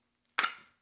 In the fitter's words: so when I pop it in you'll hear that click